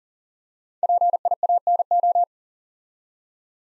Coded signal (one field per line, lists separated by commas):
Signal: Morse code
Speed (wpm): 39 wpm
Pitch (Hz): 700 Hz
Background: none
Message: PIANO